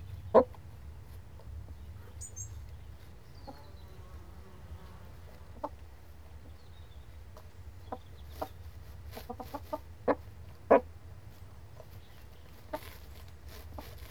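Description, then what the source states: Chicken clucks, scattered short clucks amid scratching clicks and rustles, with a low steady rumble underneath. Cockerel and hens scratching.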